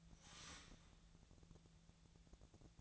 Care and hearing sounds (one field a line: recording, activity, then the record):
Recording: daily activity, microphone in the room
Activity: start toaster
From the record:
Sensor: 3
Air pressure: 1000.2 hPa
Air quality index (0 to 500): 151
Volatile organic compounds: 3 ppm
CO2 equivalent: 1332 ppm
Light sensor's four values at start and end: 37/95/40/43 and 37/95/40/43